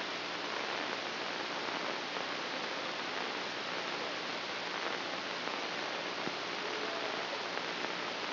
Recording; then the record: brain microelectrode recording played as sound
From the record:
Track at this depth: inside the subthalamic nucleus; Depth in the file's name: 2.126 mm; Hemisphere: right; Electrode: 2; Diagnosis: Parkinson's disease